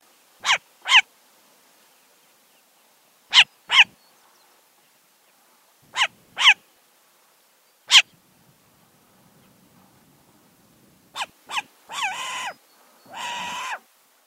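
Short-eared Owl giving sharp barking calls, mostly in pairs, every few seconds, ending with two longer wailing calls.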